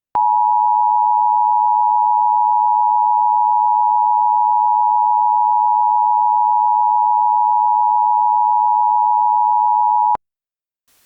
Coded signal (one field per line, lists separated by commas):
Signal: Emergency Alert System (SAME) tones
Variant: 853 and 960 Hz attention tone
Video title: EAS Scenario #1: Containment Breach